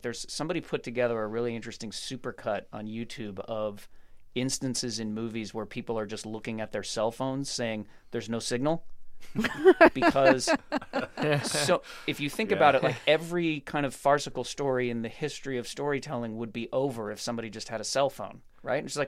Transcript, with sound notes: Like there's - somebody put together a really interesting supercut on YouTube of instances and movies where people are just looking at their cell phones saying, there's no signal...
(Laughter).
...Because if you think about it like every kind of farcical story in the history of storytelling would be over if somebody just had a cell phone, right?